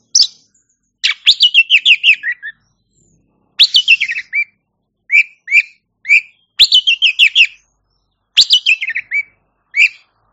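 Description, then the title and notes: Oriental magpie-robin song in several brisk bursts of tumbling whistles and trills, separated by short pauses. Champion song bird. "Kicau Burung Kacer Juara. Suara Kicauan Burung Kacer Juara"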